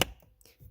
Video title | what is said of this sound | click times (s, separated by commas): How To Change The Cabin Air Filter on 2010-2015 Prius | you'll get a nice click you can also pull on it and that's pretty much all there is to it | 0.0 s